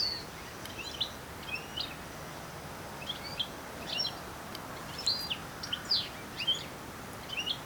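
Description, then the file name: European goldfinch giving high, tinkling call notes, singly and in short runs, louder toward the end, with steady background noise throughout. "Carduelis carduelis"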